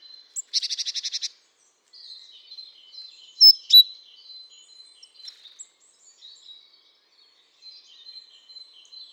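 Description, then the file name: Great tit with a brief harsh buzzy churr of rapid ticking notes, then a couple of sharp high chips and faint, thin twittering afterward. "Parus major"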